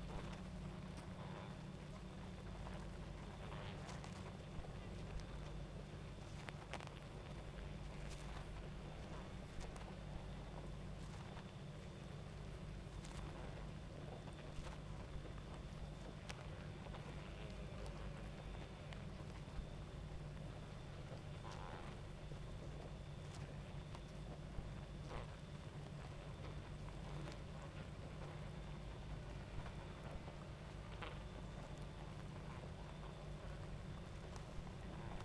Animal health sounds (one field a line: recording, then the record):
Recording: honeybee colony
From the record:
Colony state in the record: active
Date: 28 July 2017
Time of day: 22:56